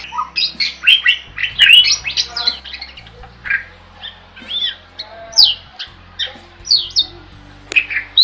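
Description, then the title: Bird singing scratchy chirps and brief whistles in spaced bursts, accompanied by a constant low droning hum. Masteran recording used for training songbirds. "Master Burung Jos"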